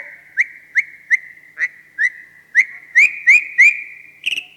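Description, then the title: Javan pied starling giving a quick series of short rising whistled chirps over a steady whistled tone. "Jalak Uren"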